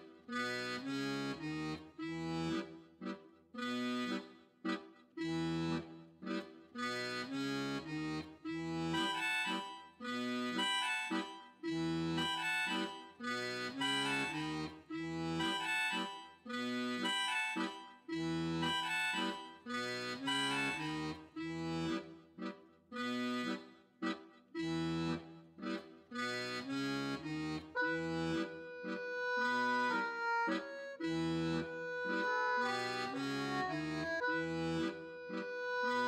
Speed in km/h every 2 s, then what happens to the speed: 13, 13, 15, 15, 15, 15, 13, 13, 15, 18, 21, 19, 16, 18, 15, 15, 16, 6.
0-15 steady at about 13. 15-19 speeds up to 21. 19-33 steady at about 16. 33-36 brakes to 6.